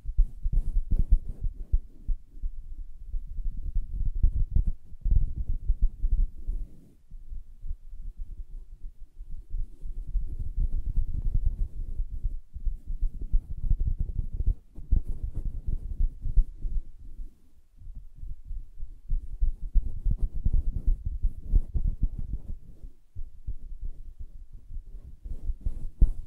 Soft Fabric Surface Tapping & Scratching